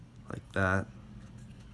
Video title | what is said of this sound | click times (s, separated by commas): Amazon Fire stick tear down | clips on both sides of the you hear it pop out so like | 0.3 s